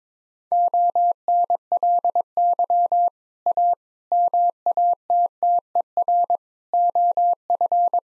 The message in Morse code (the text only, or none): ONLY A MATTER OF